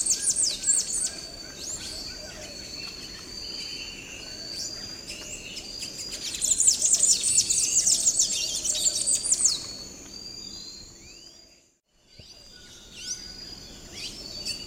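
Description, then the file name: Palm tanager song, scattered high twitters building into a dense squeaky chattering phrase midway, with steady insect hum and a brief silent gap near the end. "Canto do sanhaco do coqueiro"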